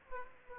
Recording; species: mosquito wingbeat signal from an infrared sensor; Aedes aegypti